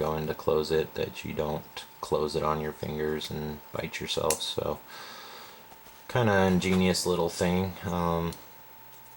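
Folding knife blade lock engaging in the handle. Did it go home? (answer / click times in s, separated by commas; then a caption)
no / none. Someone talks while handling a small folding knife, working its blade and the safety lock or detent in the handle that keeps the blade from closing on the fingers. Nothing has seated or clicked yet; the clip ends just before the lock engages.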